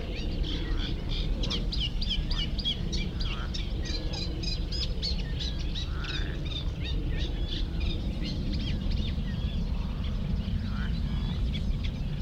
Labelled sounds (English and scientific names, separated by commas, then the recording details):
European Greenfinch (Chloris chloris)
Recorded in the wild
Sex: male
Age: adult
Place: Karower Teiche, Naturpark Barnim, Berlin, DE
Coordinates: 52.624, 13.462
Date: 1993-05-20
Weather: heiter, 22-25°C
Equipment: Marantz CP 430, Sennheiser ME 80, Kopie Uher Variocord 263
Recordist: Tembrock, Günter